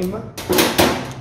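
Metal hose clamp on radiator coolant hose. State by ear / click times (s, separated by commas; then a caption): not seated / none. A metal hose clamp on the radiator coolant hose of a Peugeot 206 is pressed by hand to close it, and a sharp knock sounds at about 0.8 s while someone talks. The clamp fails to close and nothing has clicked shut yet; it is left half closed so pliers can be fetched.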